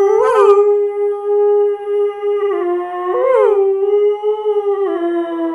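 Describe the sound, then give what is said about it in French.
A person howls like a werewolf, holding one long, steady, mid-pitched tone with a few sudden pitch bends and wavers, loud and alone for over five seconds. “Ouais, ça ressemble beaucoup plus au loup-garou de Londres ou de l'ombre.”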